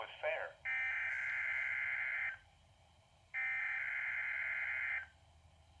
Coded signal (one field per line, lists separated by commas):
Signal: Emergency Alert System (SAME) tones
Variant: header bursts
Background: speech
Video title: 4/22/20 - Required Weekly Test on KXI98 (EAS #1) (Partial Fail)